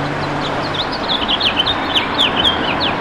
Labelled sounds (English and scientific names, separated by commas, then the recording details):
House Finch (Haemorhous mexicanus) song
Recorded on Long Island, New York, on 22 June 2012
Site AU
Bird B